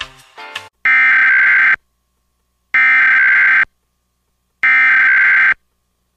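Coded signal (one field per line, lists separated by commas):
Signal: Emergency Alert System (SAME) tones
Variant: header bursts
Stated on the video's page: Mock tornado warning with valid EAS tones, made on request, not a real broadcast.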